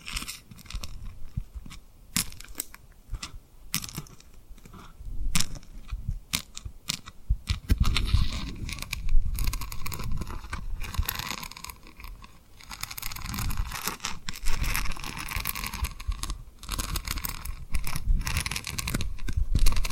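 Tapping and rubbing on rhinestones gives dense, scratchy crinkles and sharp clicks throughout, growing busier and rougher after about eight seconds.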